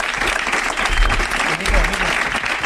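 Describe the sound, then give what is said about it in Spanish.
A steady burst of audience applause for the programme's reporter fills the whole stretch, dense overlapping claps holding a loud, even level throughout, with a faint low murmur of voices underneath. “Un fuerte aplauso para el reportero del programa.”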